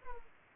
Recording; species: mosquito wingbeat signal from an infrared sensor; Aedes aegypti